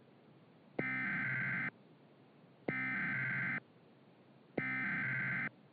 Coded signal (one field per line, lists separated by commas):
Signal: Emergency Alert System (SAME) tones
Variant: header bursts